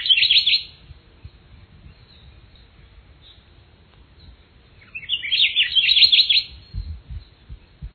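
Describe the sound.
Akiapolaau song: a quick high warbling phrase at the start, then a longer tumbling trill of high notes after a pause, over faint low background noise.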